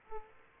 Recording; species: mosquito wingbeat signal from an infrared sensor; Aedes aegypti